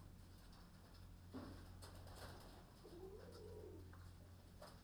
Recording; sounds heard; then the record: poultry house recording; healthy chickens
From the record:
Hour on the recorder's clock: 21